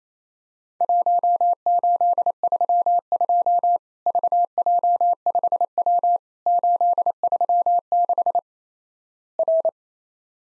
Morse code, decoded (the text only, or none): 1832 VJ5W 836 R